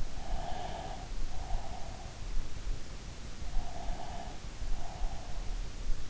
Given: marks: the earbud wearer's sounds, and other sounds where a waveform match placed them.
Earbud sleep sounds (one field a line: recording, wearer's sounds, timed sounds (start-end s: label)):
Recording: sounds in sleep by an in-ear microphone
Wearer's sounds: breath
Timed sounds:
0.30-2.24 s: breath
3.33-5.66 s: breath